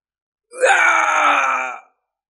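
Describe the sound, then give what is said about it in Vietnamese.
A gravely wounded man, a sect master, lets out a single agonized scream, loud and strained, holding steady for over a second with a rough, groaning edge before cutting off abruptly. “Một tiếng hét thảm truyền ra, một vị giáo chủ bị thương nặng.”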